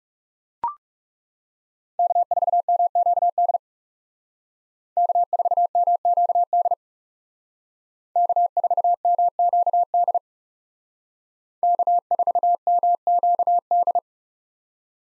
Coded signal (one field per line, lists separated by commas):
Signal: Morse code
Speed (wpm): 39 wpm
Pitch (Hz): 700 Hz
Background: none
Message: K4MQD K4MQD K4MQD K4MQD